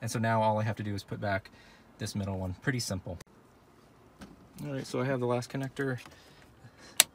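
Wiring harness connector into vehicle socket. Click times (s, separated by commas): 7.0 s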